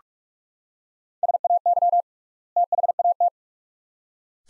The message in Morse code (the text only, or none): SAY THAT